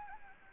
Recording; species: mosquito wingbeat signal from an infrared sensor; Anopheles gambiae